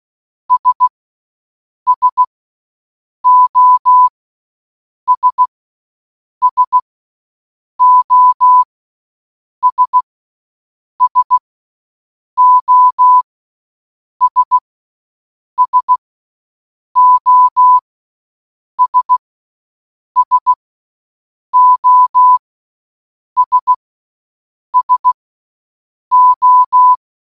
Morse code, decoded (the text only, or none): S SOS SOS SOS SOS SOS SO